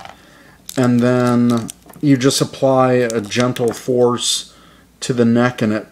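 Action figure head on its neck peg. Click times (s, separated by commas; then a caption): 0.1 s. A plastic action figure head is popped off its ball-jointed neck peg to swap the neck, and it releases. Two sharp, short hits are heard at 0.1 s and 0.1 s. Someone then talks.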